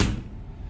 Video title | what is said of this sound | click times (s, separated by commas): Fryer CM-15 Siemens Control Mill Setup | and you'll hear a snap | 0.0 s